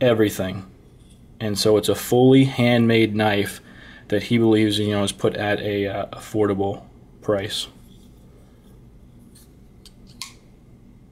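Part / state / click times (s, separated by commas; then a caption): folding knife blade into its handle lock / seated / 10.2 s. Someone talks for the first several seconds. Then the blade of a handmade folding knife with titanium liners and G10 scales is swung, and it snaps into position in its handle lock with a sharp click at 10.2 s.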